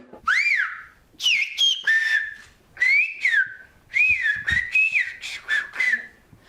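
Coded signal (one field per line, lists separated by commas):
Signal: whistled language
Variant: Whistled Occitan (Aas, Béarn)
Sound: loud gliding whistles rising and falling in about five phrases, like whistled speech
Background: small room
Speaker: ici les élèves de la classe français occiitan n'apprennent pas seulement la langue de leurs ancêtres mais aussi le sifflement en langue ocitane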